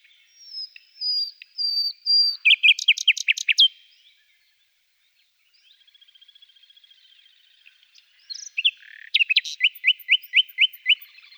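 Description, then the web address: Common nightingale song: slow level whistles, a loud rattling burst, a soft thin trill, then a series of sharp repeated upward strokes. "agykontroll CD 3-A természet hangjai - Fülemülék"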